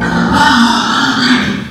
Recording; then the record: squeal of a Yucatan mini pig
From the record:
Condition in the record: after surgery on the right vocal fold (resection and tissue-engineered implant); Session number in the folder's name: 13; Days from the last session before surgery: 113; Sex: female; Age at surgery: 19 weeks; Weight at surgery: 25 kg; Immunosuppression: prednisolone